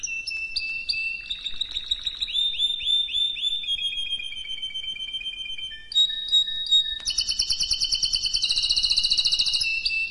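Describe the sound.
Canary singing sweeping whistled glides and steady trills, then, after a short pause, a loud, fast, buzzy roll that lasts several seconds.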